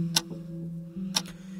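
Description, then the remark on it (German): A kitchen clock that had been broken ticks again, steadily, one sharp click each second, each followed by a softer tock, over a low continuous hum. “Sie tickt.”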